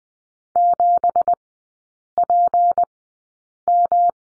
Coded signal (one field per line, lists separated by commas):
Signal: Morse code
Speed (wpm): 20 wpm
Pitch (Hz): 700 Hz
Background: none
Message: 7PM